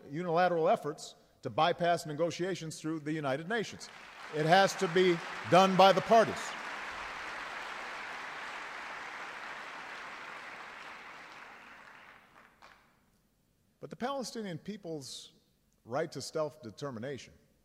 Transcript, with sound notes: unilateral efforts to bypass negotiations through the United Nations. It has to be done by the parties. (Applause.) But the Palestinian people’s right to self-determination,